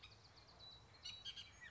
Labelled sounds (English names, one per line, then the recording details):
Bullock's Oriole
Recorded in Sonoma County, California